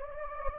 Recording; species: mosquito wingbeat signal from an infrared sensor; Anopheles gambiae